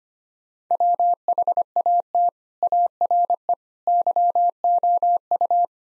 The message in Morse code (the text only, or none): WHAT ARE YOU